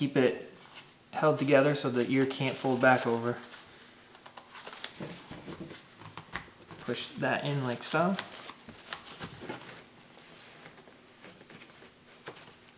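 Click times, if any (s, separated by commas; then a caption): none. Someone talks while handling a replacement lens for a Virtue Vio paintball mask, pushing it into the mask frame so its plastic tab can snap in. Short plastic taps and handling clicks are heard between the talking, but nothing has seated or clicked into place yet.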